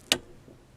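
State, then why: Seated. An AXEON Second Zero flip-up zero-offset sight accessory (11.5 MOA version) is pressed onto the rail mount of a .25 caliber Gauntlet air rifle and tightened down. A single sharp metal click rings out at 0.1 s, followed by faint low handling noise. The accessory clicks into place and is seated on the rail.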